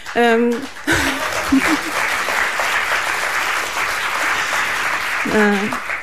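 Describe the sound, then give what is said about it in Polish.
A studio audience at a radio studio celebration of Audioteka's 6th birthday applauds steadily for several seconds, a dense, even wash of clapping, with a voice speaking briefly just before it starts and again as it fades. “No i stąd już państwo rozumieją, dlaczego te oklaski i ich potrzeba.”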